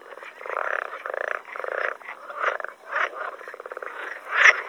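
Edible frog croaking: rattling, pulsed croaks in bursts of roughly half a second, several following in quick succession, with a short higher squeak near the end.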